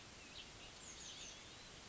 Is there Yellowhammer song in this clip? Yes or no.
no